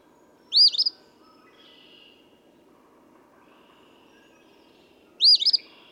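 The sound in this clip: Eastern phoebe song, a hoarse, burry two-note phrase repeated twice about five seconds apart against soft background hiss and faint chirps.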